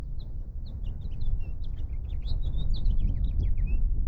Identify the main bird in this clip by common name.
House Finch